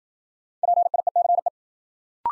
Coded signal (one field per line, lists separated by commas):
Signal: Morse code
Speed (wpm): 52 wpm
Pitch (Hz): 700 Hz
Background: none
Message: PIECE